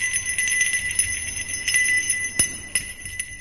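A hand bell hanging on a house pillar is shaken steadily by a man, giving a bright, shrill jingling ring that pulses in quick rhythm, with a couple of sharper clanks near the end and no voices.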